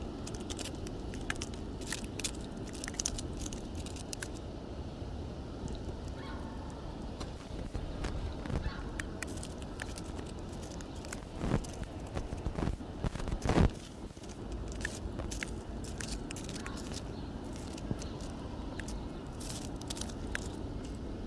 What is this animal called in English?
Reeves' Muntjac